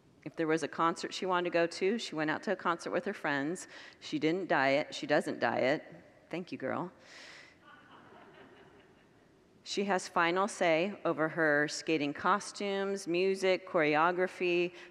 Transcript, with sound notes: If there was a concert she wanted to go to, she went out to a concert with her friends. She didn’t diet; she doesn’t diet. Thank you, girl! [Congregants laugh] She has final say over her skating costumes, music, choreography…